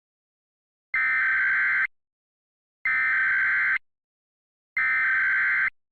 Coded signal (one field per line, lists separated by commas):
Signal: Emergency Alert System (SAME) tones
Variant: header bursts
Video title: EAS Mock/Scenario Short - "Oh crap, we've pressed the wrong button!" (EAN)